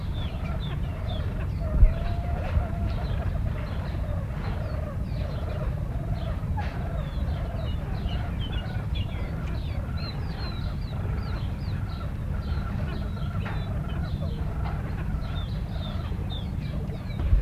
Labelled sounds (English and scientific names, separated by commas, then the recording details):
Common Pheasant (Phasianus colchicus) call
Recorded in captivity
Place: Mittelstendorf (Soltau), Niedersachsen, DE
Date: 1978-07-30
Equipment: Halbspur, 9,5 cm/s
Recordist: Lütgens, Hans